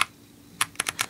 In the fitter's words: okay now good click good click on these